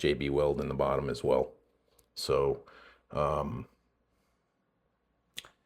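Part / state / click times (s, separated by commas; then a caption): magazine into less-lethal launcher / seated / 5.4 s. Someone talks, then a modified magazine with a shortened spring and JB Weld in the bottom is inserted into an X-68 less-lethal launcher. Two sharp clicks at 5.4 s and 5.5 s mark the magazine seating into place.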